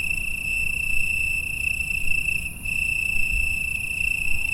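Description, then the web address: Crickets singing together in an unbroken shrill trill, dipping briefly for a moment midway, with a low rumble underneath. Cricket chorus recorded in Italy on 6 September 2016 at 21:00. "pelouse 12 Grillons Italie 2016-09-06 21 h concerto"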